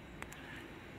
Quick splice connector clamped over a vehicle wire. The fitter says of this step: that snaps into place like that so open it up slide